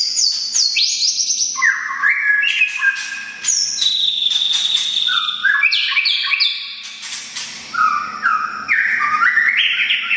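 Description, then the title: Oriental magpie-robin song with high thin whistles, stepped descending phrases and squawky chatter, varied and almost unbroken throughout. "kacer"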